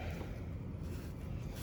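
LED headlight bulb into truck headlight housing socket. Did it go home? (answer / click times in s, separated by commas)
no / none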